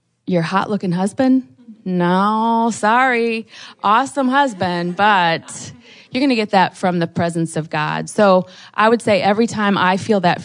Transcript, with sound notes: your hot-looking husband? No-o-o, so-o-rry! (laughter) You’re going to get that from the presence of God. So I would say every time I feel that fear...